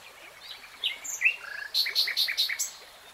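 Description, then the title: Nightingale song: varied whistles and a low buzzy note lead into a pulsing series of about six repeated notes. Nightingale singing in real time. "[Tiếng chim hót] 3 Hours REALTIME Nightingale Singing"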